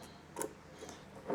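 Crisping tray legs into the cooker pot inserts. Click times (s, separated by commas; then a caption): 0.4 s. A flipped-over metal crisping tray for a Ninja Speedi cooker is held by its handle and lowered so its legs drop into the inserts inside the cooker pot. A light tick sounds at 0.4 s as the legs seat into the inserts, followed by fainter knocks around 0.9 s and 1.3 s. The tray is seated in the pot.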